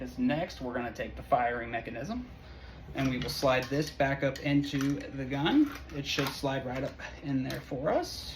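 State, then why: Not seated. Someone talks while handling the firing mechanism (trigger group) to slide it back up into the gun's frame. Only speech is heard, with no sharp clicks. Nothing has seated or clicked yet; the part is not yet home when the clip ends.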